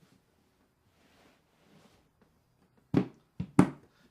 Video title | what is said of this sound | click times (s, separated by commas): Pelican Flight Case Demo | three handles and they're able to fold down and pop into place so you could pop pop down this one here | 3.6 s